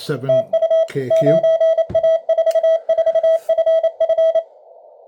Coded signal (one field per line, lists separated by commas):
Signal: Morse code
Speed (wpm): 28 wpm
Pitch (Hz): 650 Hz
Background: speech, radio noise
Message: TU 9A44FF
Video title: Various and including 9A4FF CW decode and II0LOVE